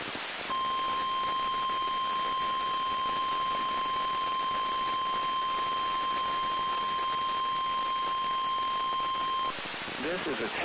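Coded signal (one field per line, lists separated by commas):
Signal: Emergency Alert System (SAME) tones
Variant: 1050 Hz attention tone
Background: speech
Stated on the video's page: Weekly tests.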